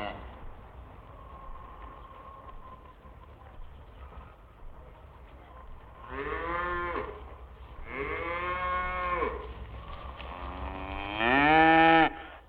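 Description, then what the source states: Cattle lowing three times in the second half, the moos growing louder, the last one loud and rising, after a quiet stretch with a low background hum. Farmyard with cows, calves and heifers.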